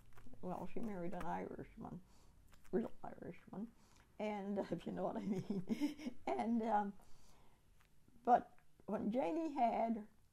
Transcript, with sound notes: Well she married an Irishman, real Irishman, and, [Laughs] if you know what I mean. And but when Janie had